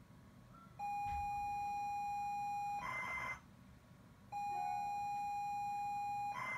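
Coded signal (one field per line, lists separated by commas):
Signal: ZX Spectrum tape loading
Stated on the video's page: ZX Spectrum tape loading sounds from an emulator component built in Unity.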